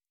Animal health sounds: hydrophone in a shrimp aquaculture tank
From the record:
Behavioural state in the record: normal

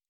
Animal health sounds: hydrophone in a shrimp aquaculture tank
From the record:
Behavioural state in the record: normal

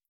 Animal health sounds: hydrophone in a shrimp aquaculture tank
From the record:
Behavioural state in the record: stressed

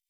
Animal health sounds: hydrophone in a shrimp aquaculture tank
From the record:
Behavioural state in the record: feeding

